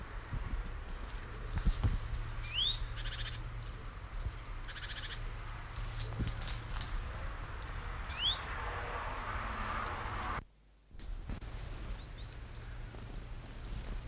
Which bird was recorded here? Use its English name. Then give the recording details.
Great Tit. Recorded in the wild. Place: Plön, Holsteinische Schweiz, Schleswig-Holstein, DE. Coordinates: 54.161, 10.426. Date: 1992-09-23 13:15. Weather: heiter bis wolkig, Wind, 16-22°C. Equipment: Marantz CP 430, Sennheiser ME 80, Kopie Tesla B 116. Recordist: Tembrock, Günter. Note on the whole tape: Diverse Lautformen